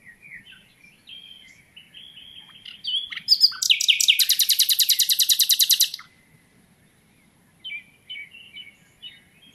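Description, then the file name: Common nightingale song: a few soft varied notes, then a loud, fast rattling series of repeated notes for about two seconds, followed by quieter scattered chirps. "Luscinia megarhynchos"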